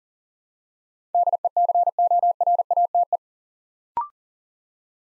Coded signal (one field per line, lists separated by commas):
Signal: Morse code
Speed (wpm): 42 wpm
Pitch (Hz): 700 Hz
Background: none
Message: DECORATE